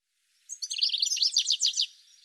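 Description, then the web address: Bird giving a fast burst of high, sharp chirping notes lasting about a second and a half, with a faint hiss afterward. "cianscape birddata Deverinetal 2025 File cleaned normalized Bird"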